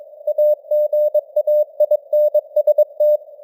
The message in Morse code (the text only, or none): AGAINST